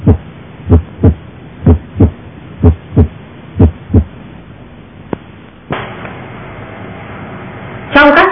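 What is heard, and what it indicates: Regular paired low thumps, lub-dub, at about 63 beats a minute, with quiet pauses between them and no added sounds. These are normal heart sounds: only the first and second sounds, S1 and S2, which is all that is normally heard over the heart. A brief noisy stretch and faint voices follow.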